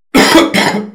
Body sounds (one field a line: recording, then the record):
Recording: coughing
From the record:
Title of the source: Man Coughing Sound - Wet Cough Sound Effect